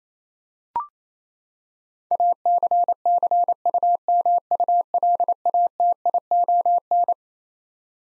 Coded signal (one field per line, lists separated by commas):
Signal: Morse code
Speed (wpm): 28 wpm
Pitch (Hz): 700 Hz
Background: none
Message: ACCUMULATION